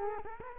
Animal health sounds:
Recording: mosquito wingbeat signal from an infrared sensor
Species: Culex quinquefasciatus

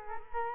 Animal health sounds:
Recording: mosquito wingbeat signal from an infrared sensor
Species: Culex quinquefasciatus

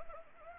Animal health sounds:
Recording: mosquito wingbeat signal from an infrared sensor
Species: Anopheles arabiensis

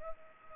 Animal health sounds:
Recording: mosquito wingbeat signal from an infrared sensor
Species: Culex pipiens

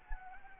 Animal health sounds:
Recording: mosquito wingbeat signal from an infrared sensor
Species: Anopheles gambiae

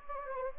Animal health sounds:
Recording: mosquito wingbeat signal from an infrared sensor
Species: Anopheles gambiae

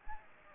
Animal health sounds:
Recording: mosquito wingbeat signal from an infrared sensor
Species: Aedes aegypti

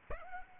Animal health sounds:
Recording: mosquito wingbeat signal from an infrared sensor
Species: Aedes aegypti

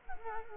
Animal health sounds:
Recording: mosquito wingbeat signal from an infrared sensor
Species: Culex quinquefasciatus

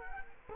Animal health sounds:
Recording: mosquito wingbeat signal from an infrared sensor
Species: Culex quinquefasciatus

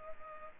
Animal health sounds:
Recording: mosquito wingbeat signal from an infrared sensor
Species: Culex pipiens

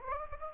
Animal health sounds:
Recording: mosquito wingbeat signal from an infrared sensor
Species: Anopheles gambiae

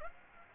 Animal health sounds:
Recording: mosquito wingbeat signal from an infrared sensor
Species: Aedes aegypti

